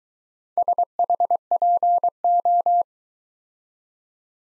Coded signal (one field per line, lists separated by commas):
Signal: Morse code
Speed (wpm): 23 wpm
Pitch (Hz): 700 Hz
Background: none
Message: SHPO